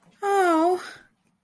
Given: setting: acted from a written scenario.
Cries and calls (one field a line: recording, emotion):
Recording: vocal sound without words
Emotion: sympathy